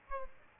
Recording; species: mosquito wingbeat signal from an infrared sensor; Aedes albopictus